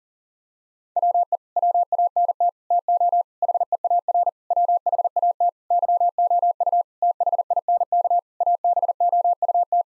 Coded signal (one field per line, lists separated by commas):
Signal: Morse code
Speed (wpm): 37 wpm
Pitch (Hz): 700 Hz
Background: none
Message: WE WANT TO HEAR WHAT YOU THINK ABOUT